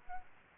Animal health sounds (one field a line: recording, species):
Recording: mosquito wingbeat signal from an infrared sensor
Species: Aedes aegypti